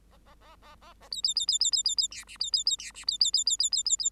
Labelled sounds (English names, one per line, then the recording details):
Bengalese Finch song
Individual Bird8